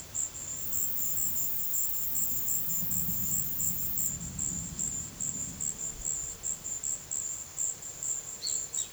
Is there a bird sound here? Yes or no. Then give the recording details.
yes. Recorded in pastures near Puerto Asís, Putumayo, Colombia, on 4 March 2025 at 15:30. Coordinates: 0.487, -76.322. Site G077